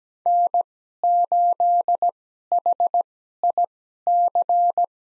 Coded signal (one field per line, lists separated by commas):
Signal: Morse code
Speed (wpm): 17 wpm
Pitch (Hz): 700 Hz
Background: none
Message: N8HIC